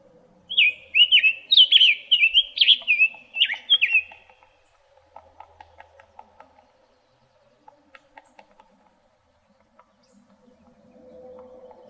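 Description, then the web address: Summer tanager song: a run of slurred phrases lasting about three and a half seconds, then faint ticks and a low hum. Recorded in Arizona on 13 April 2008. "Tanagers SUTA 041308"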